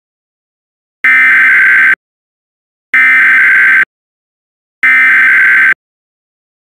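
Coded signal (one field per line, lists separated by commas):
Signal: Emergency Alert System (SAME) tones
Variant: header bursts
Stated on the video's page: Reenactment mock EAS alert, not a real broadcast, for a High Wind Warning from NWS Corpus Christi for Webb and La Salle counties.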